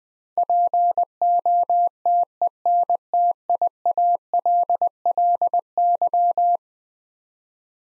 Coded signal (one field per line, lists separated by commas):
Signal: Morse code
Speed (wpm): 21 wpm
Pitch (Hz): 700 Hz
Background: none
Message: POTENTIALLY